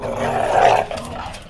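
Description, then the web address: Dog growling, a rough, throaty snarl that swells and then trails off over about one and a half seconds. Described as a mean dog. "3 D Sound - 3 D Keys VOL-1 Partition G MEAN 3 D DOG"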